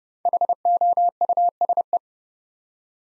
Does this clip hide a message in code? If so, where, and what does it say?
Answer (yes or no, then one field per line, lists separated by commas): yes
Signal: Morse code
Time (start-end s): 0.3-2.0 s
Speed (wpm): 30 wpm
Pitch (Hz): 700 Hz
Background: none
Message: HOUSE